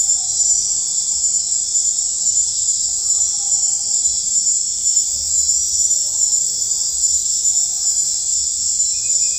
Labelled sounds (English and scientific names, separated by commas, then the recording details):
none
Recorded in dense forest near Puerto Asís, Putumayo, Colombia, on 15 December 2024 at 02:00
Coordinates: 0.499, -76.324
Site G045